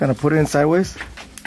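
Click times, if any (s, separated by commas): none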